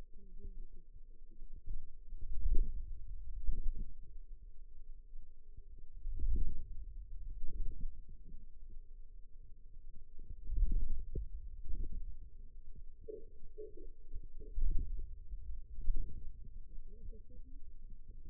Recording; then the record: forearm muscle sounds (acoustic myography)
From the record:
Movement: radial deviation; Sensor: system 2, bracelet of six BSWA MPA416 microphones around the upper forearm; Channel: 3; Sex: female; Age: 21 years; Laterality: right